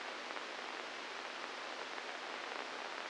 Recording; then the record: brain microelectrode recording played as sound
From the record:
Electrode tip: inside the subthalamic nucleus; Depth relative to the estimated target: 0 mm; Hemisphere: right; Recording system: NeuroSet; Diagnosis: Parkinson's disease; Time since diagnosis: 8 years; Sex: male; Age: 46 years